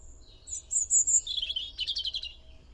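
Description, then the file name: European robin song: very high thin whistles followed by a jumbled twittering descent and rapid scratchy trills, over a light low background hum. "Erithacus rubecula"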